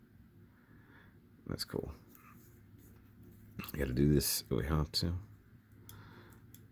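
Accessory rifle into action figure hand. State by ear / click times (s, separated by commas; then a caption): seated / 5.9 s, 6.5 s. Someone talks while working a toy accessory rifle into the plastic hand of a 1000Toys Halo Combat Evolved Master Chief action figure. Sharp ticks are heard at 5.9 s and 6.5 s as the rifle snaps into place, and it ends up seated in the figure's hand.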